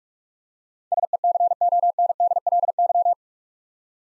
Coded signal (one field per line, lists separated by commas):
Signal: Morse code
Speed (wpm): 44 wpm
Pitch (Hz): 700 Hz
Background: none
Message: SECONDLY